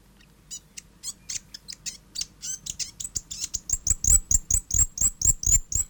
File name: south island fantail